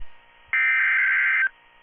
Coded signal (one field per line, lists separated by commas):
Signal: Emergency Alert System (SAME) tones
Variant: header bursts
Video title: EAS #4